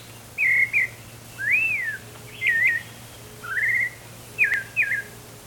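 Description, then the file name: White-chinned thrush song: clear whistled phrases, some smoothly rising then falling, others quick looping twists, given roughly once a second with short pauses; a faint steady hum underneath. "White-chinned-Thrush-song Robert-L -Sutton"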